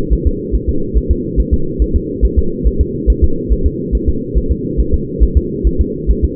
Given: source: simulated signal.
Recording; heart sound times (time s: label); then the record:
fetal heart sounds
0.13 s: S1
0.27 s: S2
0.55 s: S1
0.69 s: S2
0.97 s: S1
1.11 s: S2
1.40 s: S1
1.54 s: S2
1.82 s: S1
1.96 s: S2
2.25 s: S1
2.39 s: S2
2.67 s: S1
2.81 s: S2
3.10 s: S1
3.24 s: S2
3.52 s: S1
3.66 s: S2
3.95 s: S1
4.09 s: S2
4.38 s: S1
4.51 s: S2
4.80 s: S1
4.94 s: S2
5.23 s: S1
5.37 s: S2
5.67 s: S1
5.81 s: S2
6.10 s: S1
6.24 s: S2
From the record:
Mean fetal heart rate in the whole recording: 140 bpm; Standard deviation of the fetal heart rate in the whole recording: 2 bpm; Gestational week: 34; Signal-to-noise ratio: -8.1 dB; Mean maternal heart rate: 72 bpm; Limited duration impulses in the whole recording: absent